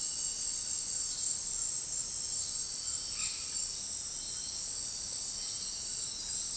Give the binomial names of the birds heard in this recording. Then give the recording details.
none. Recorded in dense forest near Puerto Asís, Putumayo, Colombia, on 18 February 2024 at 18:00. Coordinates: 0.500, -76.322. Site G6465